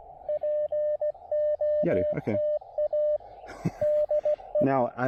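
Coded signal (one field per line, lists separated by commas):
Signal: Morse code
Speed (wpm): 16 wpm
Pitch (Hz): 600 Hz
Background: speech, radio noise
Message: POTA DEE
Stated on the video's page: POTA activation of New River Gorge National Park, a QRP operation, recorded in 2022 and shown from the archives.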